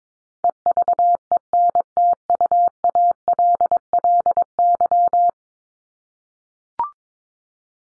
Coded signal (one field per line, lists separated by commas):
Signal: Morse code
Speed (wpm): 22 wpm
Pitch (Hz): 700 Hz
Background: none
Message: EVENTUALLY